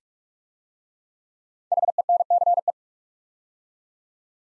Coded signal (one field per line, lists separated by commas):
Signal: Morse code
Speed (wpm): 44 wpm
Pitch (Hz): 700 Hz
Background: none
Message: HENCE